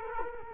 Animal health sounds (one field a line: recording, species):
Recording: mosquito wingbeat signal from an infrared sensor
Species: Culex quinquefasciatus